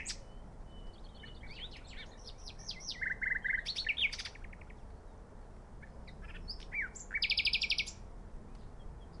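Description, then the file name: Common nightingale song of varied chirps and short buzzy rattles, a fast run of repeated notes, then a dense high trill after a short pause. "Luscinia megarhynchos"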